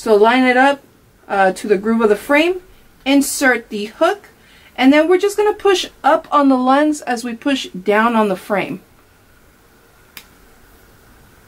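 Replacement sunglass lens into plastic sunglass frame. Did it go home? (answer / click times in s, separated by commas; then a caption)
yes / 10.2 s. Someone talks while lining up the hook of a Seek Optics replacement sunglass lens with the groove of a plastic Oakley Flak Draft sunglass frame, then pushes the lens up while pressing down on the frame. After the talking stops, a single short, sharp snap is heard at 10.2 s as the lens locks into place in the frame.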